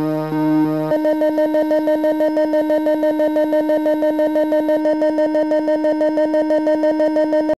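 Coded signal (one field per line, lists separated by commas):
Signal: none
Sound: synthesizer music notes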